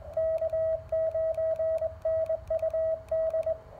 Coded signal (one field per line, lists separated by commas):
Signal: Morse code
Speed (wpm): 22 wpm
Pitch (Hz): 640 Hz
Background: radio noise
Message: K9NUD